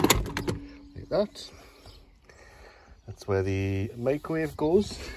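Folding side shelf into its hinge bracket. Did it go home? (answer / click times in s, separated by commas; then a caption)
yes / 0.4 s. A hinged fold-up side shelf in a camper is raised into its hinge bracket and latches in its up position, with a cluster of sharp knocks at the start and a crisp click at 0.4 s. The shelf is seated and locked in place, and afterwards someone talks.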